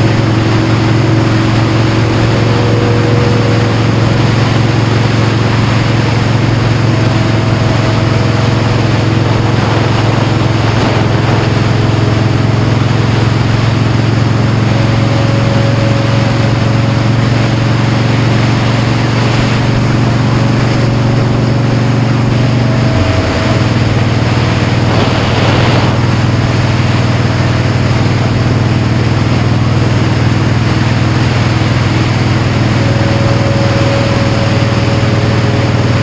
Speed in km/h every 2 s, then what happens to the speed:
72, 81, 76, 72, 74, 76, 81, 82, 81, 81, 81, 81, 81, 77, 82, 82, 81, 77.
0-31 speeds up to 82.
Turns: none.